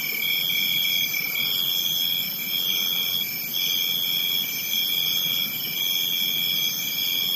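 Cricket chorus of shrill trills, one insect starting and stopping its song in bursts of about a second amid a steady high-pitched background of other callers.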